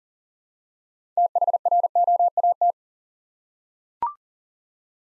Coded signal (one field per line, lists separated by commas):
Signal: Morse code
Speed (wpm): 39 wpm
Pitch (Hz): 700 Hz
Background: none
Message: THROAT